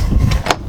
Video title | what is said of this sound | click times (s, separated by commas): SeaFox Center Console Orientation | the lock back into place also | 0.5 s